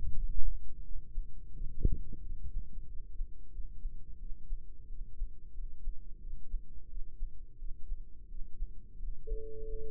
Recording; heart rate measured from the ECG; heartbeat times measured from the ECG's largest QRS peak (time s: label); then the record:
heart sounds by microphone in the right ear; 88 bpm
0.09 s: heartbeat
0.81 s: heartbeat
1.51 s: heartbeat
2.20 s: heartbeat
2.85 s: heartbeat
3.49 s: heartbeat
4.17 s: heartbeat
4.86 s: heartbeat
5.52 s: heartbeat
6.18 s: heartbeat
6.87 s: heartbeat
7.56 s: heartbeat
8.27 s: heartbeat
8.96 s: heartbeat
9.62 s: heartbeat
From the record:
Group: healthy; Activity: rest 0-9 s, breath hold 9-10 s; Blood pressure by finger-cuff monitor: 111/68 mmHg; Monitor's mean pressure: 76 mmHg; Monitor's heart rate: 87 bpm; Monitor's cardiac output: 5.9 L/min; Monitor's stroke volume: 68 mL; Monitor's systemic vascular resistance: 950 dyn s/cm5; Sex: male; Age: 20 years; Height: 167 cm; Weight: 61 kg